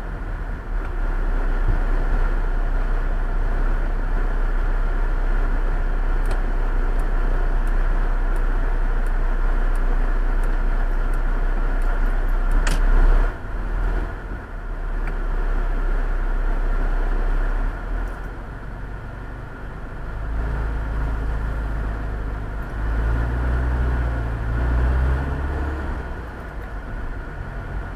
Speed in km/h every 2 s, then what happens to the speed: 22, 17, 15, 12, 7, 5, 7, 7, 4, 4, 4, 8, 16, 24.
0-9 slows to 5. 9-20 steady at about 4. 20-28 speeds up to 24.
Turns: none.